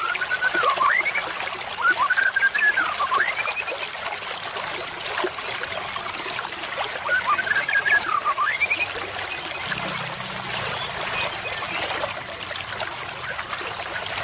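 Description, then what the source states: White-rumped shama song: wavering whistled phrases, rising and dipping, then a pause of several seconds and another such phrase, then only a continuous hiss. Used as a lure call (pikat) for murai batu.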